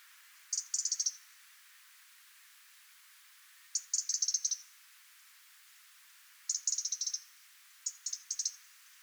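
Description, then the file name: European robin calling in four sharp bursts of rapid high clicks, irregularly spaced, against a quiet background. "Erithacus rubecula"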